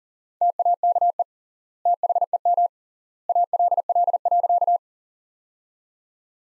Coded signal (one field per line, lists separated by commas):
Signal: Morse code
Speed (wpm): 40 wpm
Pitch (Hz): 700 Hz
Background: none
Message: TAKE THEM ALL.